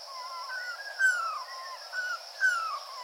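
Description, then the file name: Ruddy kingfisher calling: two loud, whistled notes, each sliding downward, about one and a half seconds apart, over a steady high insect drone and soft bird notes. Recorded 24 April 2016 on Miyakojima. "akashoubin 160424 Miyakojima Uemura Shingo"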